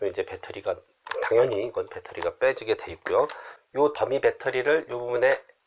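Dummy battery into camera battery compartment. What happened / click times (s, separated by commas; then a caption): The part is being handled but has not seated yet; no click is heard / none. Someone talks while handling the plastic dummy battery of a DC coupler for a Canon G7X Mark III compact camera, preparing to insert it into the camera's battery compartment. The dummy battery has not been inserted yet, and nothing has seated or clicked.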